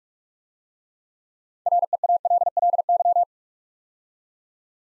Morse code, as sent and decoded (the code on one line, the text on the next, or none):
.-. . .- .-.. .-.. -.--
REALLY